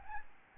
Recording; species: mosquito wingbeat signal from an infrared sensor; Aedes albopictus